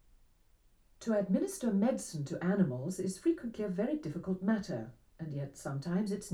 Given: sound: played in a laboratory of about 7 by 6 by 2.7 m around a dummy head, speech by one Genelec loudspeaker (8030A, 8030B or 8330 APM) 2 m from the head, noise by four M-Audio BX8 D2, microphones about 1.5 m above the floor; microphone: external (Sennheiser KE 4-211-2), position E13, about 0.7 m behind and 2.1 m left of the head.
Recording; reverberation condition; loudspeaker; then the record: female speech in English; low; 60 degrees to the left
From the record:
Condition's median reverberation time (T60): about 310 ms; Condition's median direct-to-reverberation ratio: about 3.5 dB